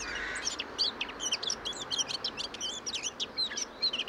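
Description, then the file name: Eurasian blackcap giving quick high twittering notes in a rapid chattering sequence, each note brief and sharp, with a faint hiss behind. "Sylvia atricapilla"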